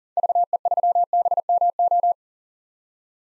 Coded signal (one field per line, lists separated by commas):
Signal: Morse code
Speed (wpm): 40 wpm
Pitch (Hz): 700 Hz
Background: none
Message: VE3BMO